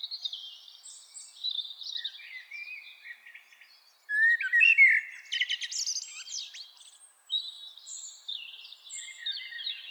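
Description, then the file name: Common blackbird song: a loud phrase of low warbled notes ending in a squeaky twitter around the middle, with softer fluting and chatter before and after. "Turdus merula"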